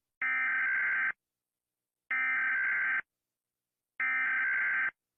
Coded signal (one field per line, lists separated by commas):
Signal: Emergency Alert System (SAME) tones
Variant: header bursts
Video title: Rating eas alarms